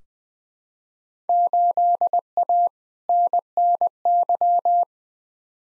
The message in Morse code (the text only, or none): 8A NNY